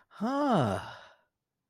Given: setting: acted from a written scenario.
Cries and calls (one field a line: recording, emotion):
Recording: vocal sound without words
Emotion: positive surprise